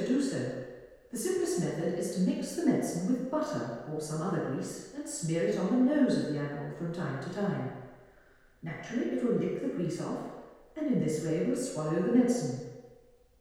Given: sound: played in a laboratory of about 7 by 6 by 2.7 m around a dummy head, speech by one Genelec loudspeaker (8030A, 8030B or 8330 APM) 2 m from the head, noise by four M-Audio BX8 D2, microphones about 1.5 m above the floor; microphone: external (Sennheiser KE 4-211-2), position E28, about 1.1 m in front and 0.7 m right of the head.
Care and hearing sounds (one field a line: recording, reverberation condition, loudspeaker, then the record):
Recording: female speech in English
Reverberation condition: high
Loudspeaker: 150 degrees to the left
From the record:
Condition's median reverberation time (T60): about 1300 ms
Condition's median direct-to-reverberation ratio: about -4.0 dB